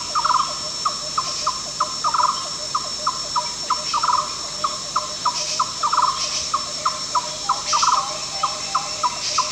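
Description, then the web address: Yellow-crowned barbet giving a long series of rapid, low knocking notes, several per second, broken by short rolling trills, against a constant high insect whine and occasional buzzy bursts. Recorded at Danum on 1 July 2008. "DANUM 20080701. yellow-crowned barbet"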